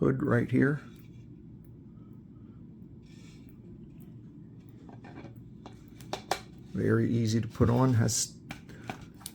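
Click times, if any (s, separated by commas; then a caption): 9.3 s. A 100 mm lens hood is fitted onto the front bayonet of a telephoto lens while someone talks. It goes on with some resistance, then locks in with a sharp click at 9.3 s, leaving the hood seated.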